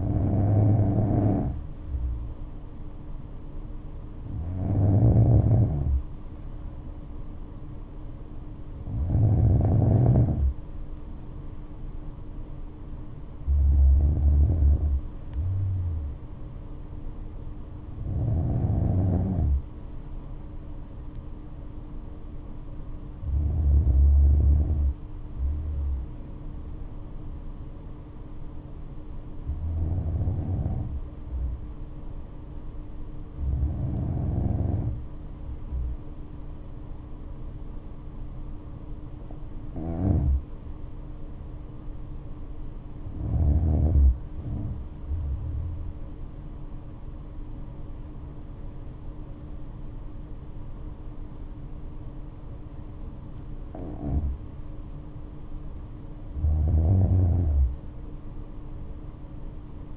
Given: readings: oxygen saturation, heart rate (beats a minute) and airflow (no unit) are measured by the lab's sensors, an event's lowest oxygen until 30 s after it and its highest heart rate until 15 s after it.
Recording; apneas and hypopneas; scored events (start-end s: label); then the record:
breathing in sleep by a smartphone at the bedside; 1
29.00-53.30 s: hypopnea (N2, oxygen 96% highest, then 92% lowest, heart rate 60 at the start, 75 highest)
From the record:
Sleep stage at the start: N2 (light sleep); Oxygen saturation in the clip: 93 to 96%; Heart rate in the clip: 60 to 75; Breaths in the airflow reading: 12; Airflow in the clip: -7.8 to 11.1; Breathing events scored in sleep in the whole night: 228 in 5.4 hours asleep